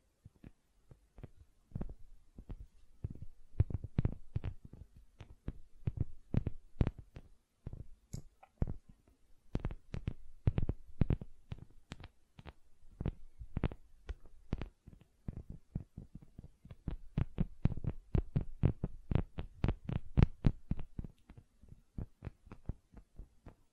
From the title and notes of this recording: ASMR Gentle Silicon Sounds for Sleep (No Talking).